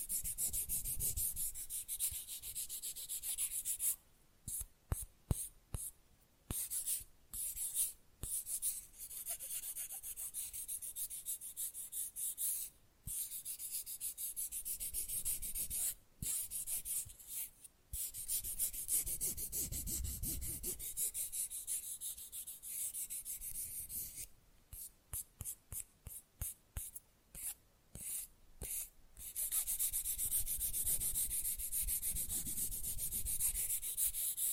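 Fast, rough nail filing makes a dense, bright scratching that runs almost nonstop. Quick pauses and restarts cluster around 4–8 and 24–30 seconds, with short tapping clicks in the gaps. Soft low thumps sound near 20 and 33 seconds.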